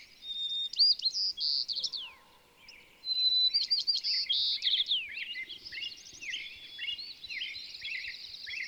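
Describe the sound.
Bird song of quick whistles and downslurred notes, a short pause, then a long tumbling run of notes.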